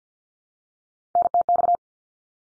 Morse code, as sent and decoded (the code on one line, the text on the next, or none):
-. - -..-
NTX